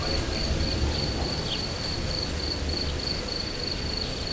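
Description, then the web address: Cricket giving rapid, repeated high chirps over a broad hiss and low rumble. Professional nature recording at Hortobágy, 2014. "allathangok termeszetben tucsok professzionalis 2014 elhaladorepulo fecskek hortobagy"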